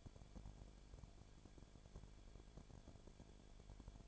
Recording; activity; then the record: daily activity, microphone in the room; no activity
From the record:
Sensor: 5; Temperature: 19.8 degrees Celsius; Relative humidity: 33.3%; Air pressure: 1001.4 hPa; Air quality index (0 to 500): 31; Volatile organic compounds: 1 ppm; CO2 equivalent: 523 ppm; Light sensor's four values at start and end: 2/3/1/1 and 2/3/1/1